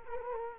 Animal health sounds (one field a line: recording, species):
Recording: mosquito wingbeat signal from an infrared sensor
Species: Culex quinquefasciatus